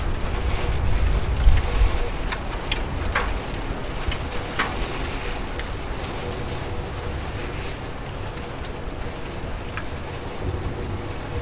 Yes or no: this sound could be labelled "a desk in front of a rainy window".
yes